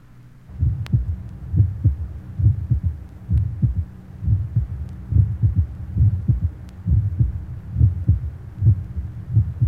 Age 20 innocent systolic murmur and third heart sound, mitral area.